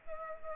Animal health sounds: mosquito wingbeat signal from an infrared sensor; Culex pipiens

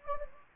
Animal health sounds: mosquito wingbeat signal from an infrared sensor; Anopheles gambiae

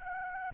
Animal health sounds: mosquito wingbeat signal from an infrared sensor; Aedes albopictus

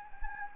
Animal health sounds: mosquito wingbeat signal from an infrared sensor; Anopheles gambiae

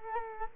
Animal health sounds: mosquito wingbeat signal from an infrared sensor; Culex quinquefasciatus

